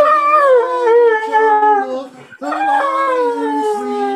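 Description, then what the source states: Catahoula leopard dog howling in long, sustained, rich tones that slide slowly downward, with a brief break near the middle before a second drawn-out howl. Pet dog howling along to a song.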